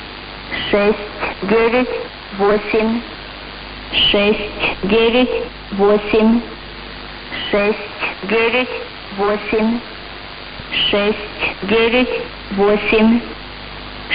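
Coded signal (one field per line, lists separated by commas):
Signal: numbers station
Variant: S06s, Russian female voice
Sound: a woman's voice reading short words at a steady, even pace over radio hiss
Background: radio static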